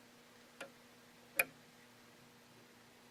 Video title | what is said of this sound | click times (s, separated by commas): Threading the Machine | so it has to click in there otherwise it will not sew correctly | 1.4 s